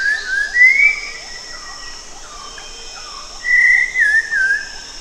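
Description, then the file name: Cempala kuning whistles: a rising then falling slurred phrase, a quiet gap, and a second wavering whistled phrase, steady hiss throughout. "cempalakuning omkicau"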